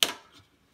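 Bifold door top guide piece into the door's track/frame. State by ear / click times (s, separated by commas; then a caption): not seated / none. A small top guide piece for a bifold closet door is pushed into the door's track while refitting the door, giving one sharp tick at about 0.0 s that quickly fades, followed by a faint softer knock near 0.4 s. The piece was expected to snap in, but nothing has seated or clicked yet; it fails to lock in place.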